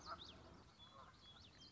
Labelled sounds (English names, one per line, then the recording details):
Common Yellowthroat
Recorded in Sonoma County, California